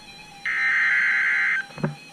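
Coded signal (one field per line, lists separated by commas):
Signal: Emergency Alert System (SAME) tones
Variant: header bursts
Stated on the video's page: Severe thunderstorm warning alerts on weather radio and broadcast stations.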